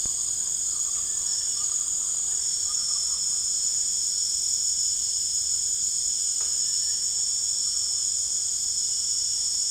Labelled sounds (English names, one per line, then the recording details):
none
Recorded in secondary vegetation near Puerto Asís, Putumayo, Colombia, on 21 December 2024 at 18:30
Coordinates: 0.468, -76.324
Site G095